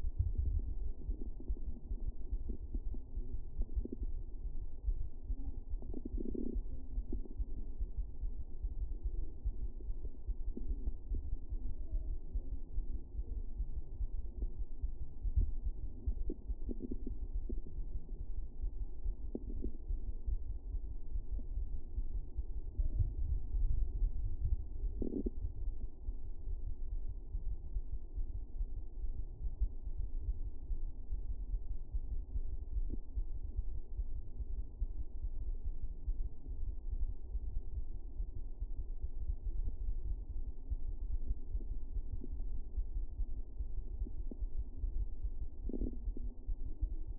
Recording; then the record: fetal heart sounds by stethoscope on the mother's abdomen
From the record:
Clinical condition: for safety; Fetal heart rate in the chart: 140 bpm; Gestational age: 40 weeks